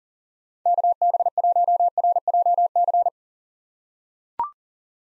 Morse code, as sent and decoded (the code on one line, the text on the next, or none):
-.- -... .---- .-. .--- -.-.
KB1RJC